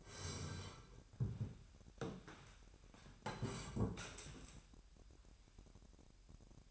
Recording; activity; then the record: daily activity, microphone in the room; sit down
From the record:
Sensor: 2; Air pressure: 998.4 hPa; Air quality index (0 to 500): 131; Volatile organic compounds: 3 ppm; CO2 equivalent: 1480 ppm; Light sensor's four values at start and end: 8/18/8/8 and 8/19/8/8